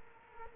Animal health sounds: mosquito wingbeat signal from an infrared sensor; Culex quinquefasciatus

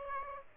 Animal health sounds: mosquito wingbeat signal from an infrared sensor; Aedes aegypti

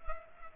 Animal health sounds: mosquito wingbeat signal from an infrared sensor; Culex pipiens

